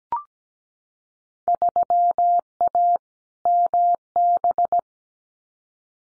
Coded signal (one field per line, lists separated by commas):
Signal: Morse code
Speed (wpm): 17 wpm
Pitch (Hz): 700 Hz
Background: none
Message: 3A MB